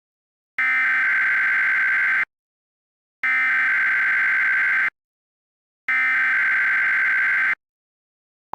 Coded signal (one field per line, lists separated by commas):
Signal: Emergency Alert System (SAME) tones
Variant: header bursts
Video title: EAS #62: February 2023 West Virginia Required Monthly Test (DASDEC version)